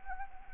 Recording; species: mosquito wingbeat signal from an infrared sensor; Anopheles gambiae